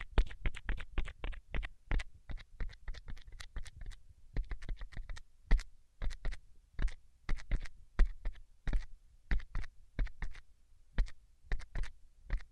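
Tapping in quick, uneven bursts, each tap a sharp click with a bright edge and a soft low thump underneath. Taps come in clusters of several per second, with brief pauses, including a short gap around four seconds. A faint steady hum sits beneath.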